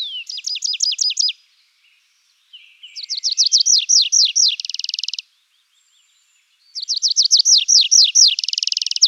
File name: anthus trivialis